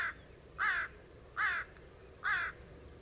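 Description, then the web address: Bird giving harsh, hoarse caws, three loud calls spaced under a second apart over quiet background hiss. "Bird Only"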